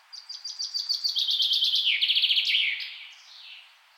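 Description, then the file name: Common chaffinch song: a rapid series of bright notes running into a descending trill and ending with a short flourish. "Fringilla coelebs"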